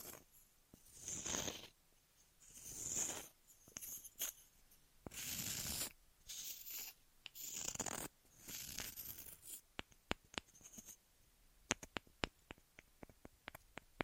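Ear massage and cleaning sounds: for the first ten seconds, soft brushing, rubbing swipes come in bursts about a second long, with short pauses between them. After that, the rubbing stops and scattered sharp little clicks and taps take over until the end.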